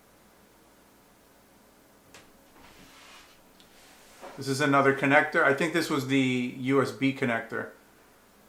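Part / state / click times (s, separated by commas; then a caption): case USB cable connector into motherboard header / seated / 2.1 s, 3.6 s. A front-panel USB cable connector from the case is plugged into the motherboard's USB header and clicks into place, with sharp clicks at 2.1 s and 3.6 s. It only fits into one labeled location and ends up seated. Someone then talks.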